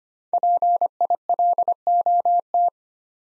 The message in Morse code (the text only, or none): PILOT